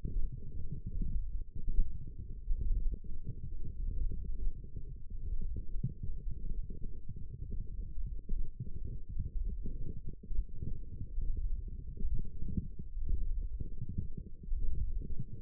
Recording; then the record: forearm muscle sounds (acoustic myography)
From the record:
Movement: wrist extension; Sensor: system 1, eight BSWA MPA416 microphones around the upper forearm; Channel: 3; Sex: female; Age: 21 years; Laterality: right